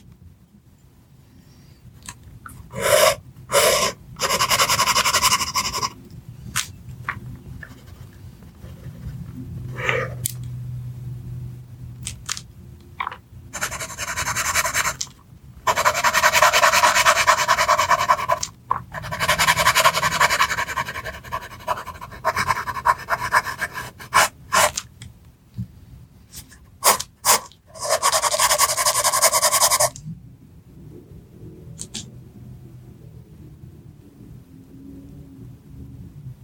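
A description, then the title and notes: Pencil tracing and paper crinkling come in bursts of scratchy bright texture, longest around 15–20 and 26–30 seconds, over a soft low rumble. Soft tracing with pencils.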